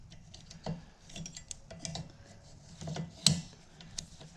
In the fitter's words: click let's secure it on there